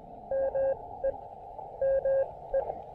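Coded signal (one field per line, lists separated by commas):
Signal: Morse code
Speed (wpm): 20 wpm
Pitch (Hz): 540 Hz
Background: none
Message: ME ME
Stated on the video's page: Morse from a POTA park activation, apparently sent with Elecraft KX2 and KXPD2 paddles.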